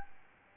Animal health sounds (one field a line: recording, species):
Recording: mosquito wingbeat signal from an infrared sensor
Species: Aedes albopictus